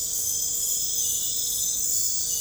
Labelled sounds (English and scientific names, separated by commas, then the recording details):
none
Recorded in pastures near Puerto Asís, Putumayo, Colombia, on 26 December 2024 at 00:30
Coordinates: 0.496, -76.326
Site G004